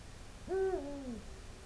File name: Eagle Owl